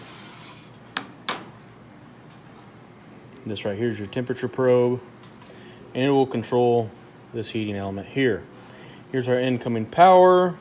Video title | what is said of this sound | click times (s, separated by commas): W3230 controller for brooder | we're going to use this in a brooder here and this will click into right here | 1.0 s, 1.3 s